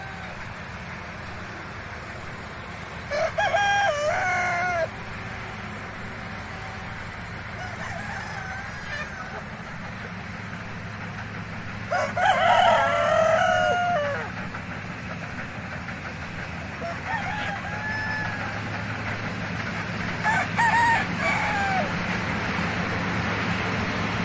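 Farm animals, with fowl calling out in rising and falling bursts, the loudest around 3 to 5 seconds and 12 to 14 seconds, shorter ones near 17 and 21 seconds. A steady low rumble, like an idling engine, runs underneath the whole time.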